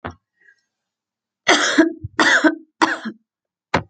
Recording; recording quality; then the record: heavy voluntary cough; excellent, no background noise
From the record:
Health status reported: healthy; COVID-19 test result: not tested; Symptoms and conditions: none ticked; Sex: female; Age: 28 years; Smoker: not ticked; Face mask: not worn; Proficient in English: yes